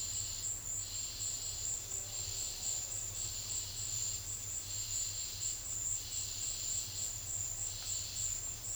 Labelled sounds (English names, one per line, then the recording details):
none
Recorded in secondary vegetation near Puerto Asís, Putumayo, Colombia, on 28 February 2025 at 14:00
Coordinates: 0.500, -76.326
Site GP04